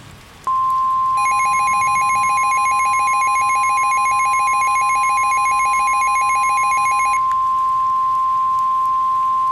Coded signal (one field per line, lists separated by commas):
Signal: Emergency Alert System (SAME) tones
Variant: 1050 Hz attention tone